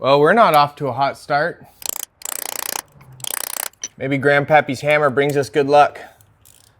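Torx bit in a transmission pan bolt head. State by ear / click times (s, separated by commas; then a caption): stripped / 6.5 s, 6.6 s. A T30 Torx bit, hammered into the already stripped head of a transmission pan bolt, is turned while someone talks, with loud bursts of sharp, broadband impacts around 2.3–2.8 s and 3.4–3.6 s. Quiet ratchet-like clicks follow at 6.5, 6.6 and 6.6 s as the bit slips in the stripped bolt head, so the bolt is stripping rather than coming loose.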